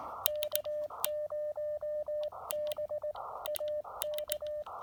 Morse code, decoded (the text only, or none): K0BAK